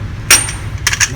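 A click-type torque wrench set to 172 ft-lbs is pulled with steady pressure to tighten the front axle nut on the wheel hub assembly of a 2004 Lexus GX470. Sharp metallic clicks ring out at 0.3 s and 0.9 s over a low background hum. The wrench clicks at its setting, confirming the axle nut is torqued.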